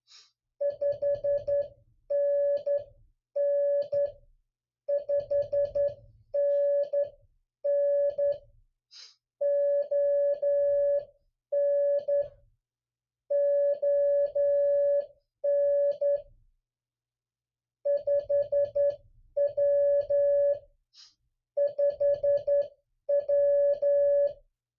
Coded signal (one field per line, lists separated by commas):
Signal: Morse code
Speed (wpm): 11 wpm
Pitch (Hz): 570 Hz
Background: none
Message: 5NN 5NN ON ON 5W 5W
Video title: MORSE CODE COPY PRACTICE #8